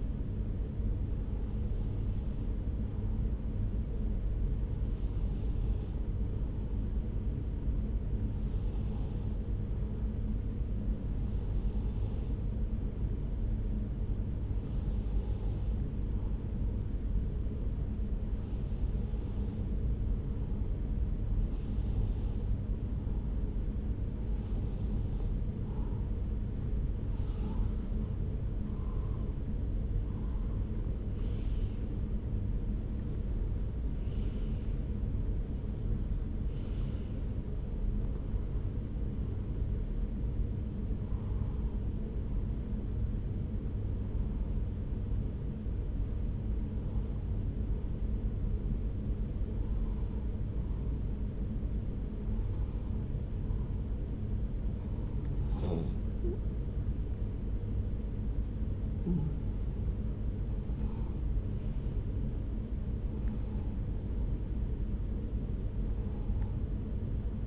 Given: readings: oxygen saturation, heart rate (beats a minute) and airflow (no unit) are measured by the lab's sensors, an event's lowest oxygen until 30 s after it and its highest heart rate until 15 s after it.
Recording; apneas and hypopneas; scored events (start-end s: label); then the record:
breathing in sleep by a smartphone at the bedside; 2
6.00-29.80 s: hypopnea (N2, oxygen 94% highest, then 93% lowest)
24.00-67.47 s: new sleep stage, N1 (lightest sleep)
47.00-59.50 s: hypopnea (N1, oxygen 96% highest, then 94% lowest)
From the record:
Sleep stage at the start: N2 (light sleep); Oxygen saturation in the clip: 93 to 96%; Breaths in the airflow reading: 22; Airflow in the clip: -4.9 to 4.6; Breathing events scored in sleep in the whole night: 335 in 6.7 hours asleep